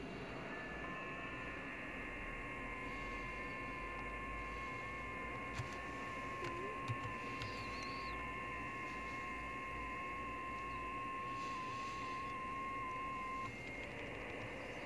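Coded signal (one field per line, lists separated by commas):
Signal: FT8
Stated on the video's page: FT8 signal on 40m, worked from a station using an IC-7600, SPE Expert 1.3K-FA amplifier and a 40m dipole.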